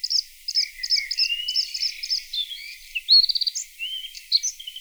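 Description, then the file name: Bluethroat song, a fast, varied run of twittering notes, trills and thin whistles, with a bright ringing rattle near the middle. Played back. "Blaahals"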